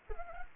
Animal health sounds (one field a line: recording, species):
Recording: mosquito wingbeat signal from an infrared sensor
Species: Anopheles arabiensis